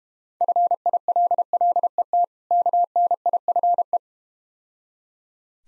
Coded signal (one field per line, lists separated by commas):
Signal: Morse code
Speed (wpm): 31 wpm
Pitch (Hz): 700 Hz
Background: none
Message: FILLET KNIFE